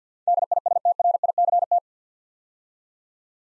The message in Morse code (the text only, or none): DISTRICT